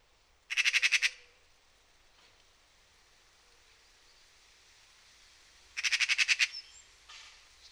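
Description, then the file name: Eurasian magpie gives two harsh rattling chatters, each a fast string of grating notes, about five seconds apart. "Pica pica"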